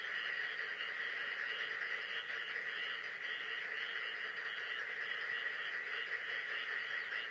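A frog chorus runs throughout, with high rapid trills overlapping into an unbroken pulsing drone.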